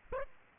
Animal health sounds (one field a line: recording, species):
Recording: mosquito wingbeat signal from an infrared sensor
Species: Aedes aegypti